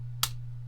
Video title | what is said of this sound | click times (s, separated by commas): KFC Transistor Review (Blaster) | Nice, satisfying click. | 0.2 s